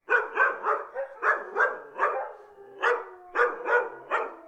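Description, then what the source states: Dogs giving a fast, uneven run of loud, sharp barks, more than one voice, some overlapping. Several dogs barking.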